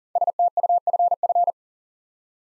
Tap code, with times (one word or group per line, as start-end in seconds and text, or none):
none